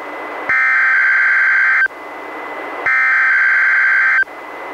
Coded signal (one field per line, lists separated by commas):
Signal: Emergency Alert System (SAME) tones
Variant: header bursts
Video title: EAS #491: NWR Required Weekly Test- Mar. 31, 2021- 11:05AM PDT